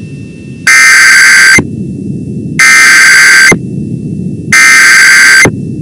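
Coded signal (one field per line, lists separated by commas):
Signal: Emergency Alert System (SAME) tones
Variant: header bursts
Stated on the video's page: Mock EAS alert, not a real broadcast.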